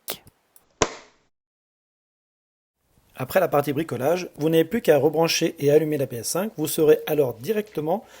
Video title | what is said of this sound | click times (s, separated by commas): TUTO 🛠 Installation SSD supplémentaire dans la PS5 | voici enfin la phase finale du bricolage ça va le remontage du capot repositionné jusqu'à entendre le clic | 0.8 s